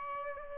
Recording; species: mosquito wingbeat signal from an infrared sensor; Aedes albopictus